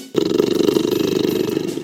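Tiger roar starting abruptly after a brief silence, a long raspy pulsing rumble held steadily to the end.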